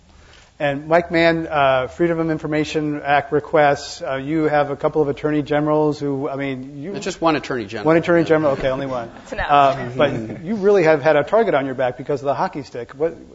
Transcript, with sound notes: And, Mike Mann, Freedom of Information Act Request, you have a couple of attorney generals who -- I mean, you--
That's just one attorney general.
One attorney general? [Laughter] Okay, only one.
It's enough.
But you really have had a target on your back because of "The Hockey Stick."